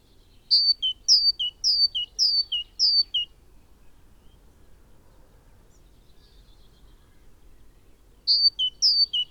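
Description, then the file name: Great tit song of five quick two-note phrases, each a high whistle falling to a lower one, followed by quiet and a renewed strophe at the end. "Parus major"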